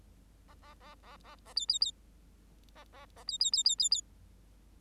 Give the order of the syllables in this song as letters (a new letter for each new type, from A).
A A A A A A B B B A A A B B B B B B